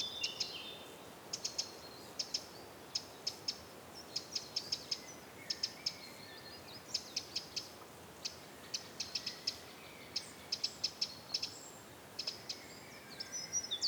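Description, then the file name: Eurasian wren giving hard ticking clicks in irregular clusters throughout, with faint thin calls in the background. "Troglodytes troglodytes"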